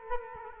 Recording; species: mosquito wingbeat signal from an infrared sensor; Culex quinquefasciatus